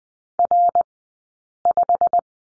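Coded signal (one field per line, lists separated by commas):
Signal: Morse code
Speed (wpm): 20 wpm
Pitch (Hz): 700 Hz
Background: none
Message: R5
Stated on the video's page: Morse course lesson on number 5 at Farnsworth speed 20/10 wpm.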